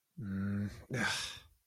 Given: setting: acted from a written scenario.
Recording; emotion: vocal sound without words; shame